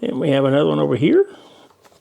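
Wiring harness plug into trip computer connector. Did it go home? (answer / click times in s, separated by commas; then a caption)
no / none. A second wiring harness plug for the trip computer connector on a Honda GL1200 Goldwing motorcycle is being handled while someone talks, and faint handling noises follow as the speech fades. Nothing has seated or clicked yet; the clip ends before the plug goes home in its mating socket.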